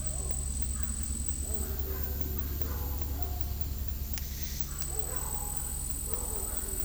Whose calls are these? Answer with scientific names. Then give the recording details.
none. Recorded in dense forest near Puerto Asís, Putumayo, Colombia, on 19 February 2024 at 15:00. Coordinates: 0.503, -76.322. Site G6418